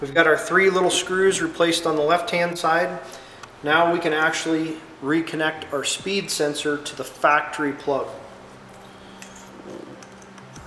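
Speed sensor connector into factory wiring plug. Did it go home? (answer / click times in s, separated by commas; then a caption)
no / none. Someone talks while the speed sensor connector is handled and lined up with the factory wiring plug on a Ski-Doo G4 850 during a TKI CNC belt drive install, after the three small screws on the left-hand side have been replaced. After the talking stops, faint short handling taps and plastic contacts are heard near 9.2, 10.0 and 10.6 seconds. The connector has not been pushed in yet and nothing has clicked.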